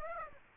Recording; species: mosquito wingbeat signal from an infrared sensor; Aedes aegypti